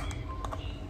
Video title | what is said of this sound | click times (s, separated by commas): Tips dan Rekomendasi Produk Mencegah Mastitis Sejak Awal Ibu Menyusui | Sampai bunyi klek. Klek. | 0.4 s, 0.5 s